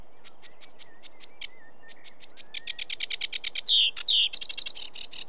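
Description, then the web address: Sedge warbler song: repeated hooked notes, then a fast series of dry rattling clicks, two slurred whistles and rapid chattering trills, all high-pitched and varied. "BBC Sound Effects Library. Sedge Warbler"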